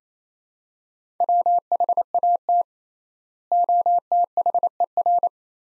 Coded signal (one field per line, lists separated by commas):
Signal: Morse code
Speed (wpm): 28 wpm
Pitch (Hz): 700 Hz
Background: none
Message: WHAT OTHER